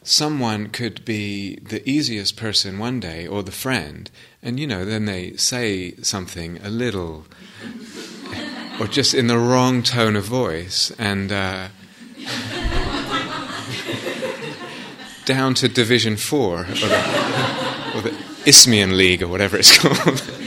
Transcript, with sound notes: someone could be the easiest person one day or the friend, and you know, then they say something a little... [laughter] Or just in the wrong tone of voice, and... [laughter] Down to Division 4 or the Isthmian League or whatever it's called.